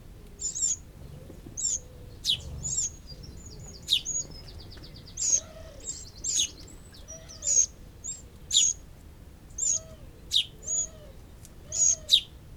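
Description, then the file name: Eurasian wren calls, high thin chirps in an uneven series about once a second, over faint low hooting notes. "Troglodytes troglodytes"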